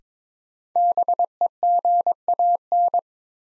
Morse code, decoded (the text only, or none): BEGAN